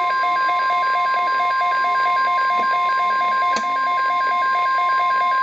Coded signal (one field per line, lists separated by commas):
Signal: Emergency Alert System (SAME) tones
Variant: 1050 Hz attention tone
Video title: RARE: PDS Severe Thunderstorm Watch (EAS #627)